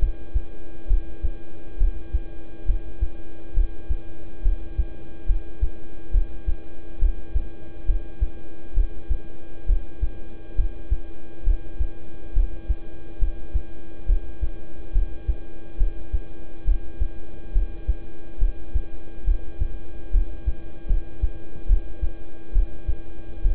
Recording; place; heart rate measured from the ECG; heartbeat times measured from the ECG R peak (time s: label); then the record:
heart sounds by stethoscope; between the tricuspid and mitral areas; 69 bpm
0.87 s: heartbeat
1.78 s: heartbeat
2.66 s: heartbeat
3.54 s: heartbeat
4.42 s: heartbeat
5.26 s: heartbeat
6.11 s: heartbeat
6.99 s: heartbeat
7.86 s: heartbeat
8.74 s: heartbeat
9.66 s: heartbeat
10.55 s: heartbeat
11.44 s: heartbeat
12.33 s: heartbeat
13.19 s: heartbeat
14.06 s: heartbeat
14.92 s: heartbeat
15.77 s: heartbeat
16.65 s: heartbeat
17.52 s: heartbeat
18.39 s: heartbeat
19.24 s: heartbeat
20.11 s: heartbeat
20.87 s: heartbeat
21.67 s: heartbeat
22.52 s: heartbeat
23.42 s: heartbeat
From the record:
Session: rest, lying down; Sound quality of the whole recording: good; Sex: male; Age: 26 years